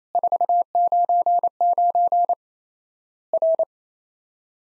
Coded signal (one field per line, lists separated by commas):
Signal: Morse code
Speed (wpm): 27 wpm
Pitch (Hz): 700 Hz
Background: none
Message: 499 R